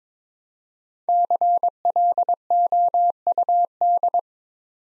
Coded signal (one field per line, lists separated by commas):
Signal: Morse code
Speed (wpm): 22 wpm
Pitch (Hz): 700 Hz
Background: none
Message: CLOUD